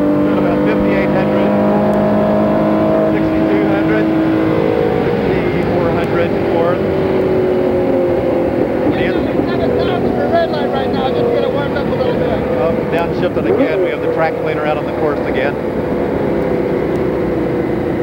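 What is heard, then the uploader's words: A car's engine roars through hot laps around Riverside, loud and constant for the whole stretch. The engine's pitch keeps sliding up and down as it revs and shifts, with a rougher, rattling stretch between about nine and fourteen seconds. Porsche 917K. This is the same car driven by John Thomas that is featured in the sound files recorded by Mike Parris at Riverside International Raceway in 1980. Four hot laps around Riverside.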